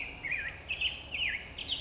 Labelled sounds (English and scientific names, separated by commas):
Black-headed Grosbeak (Pheucticus melanocephalus)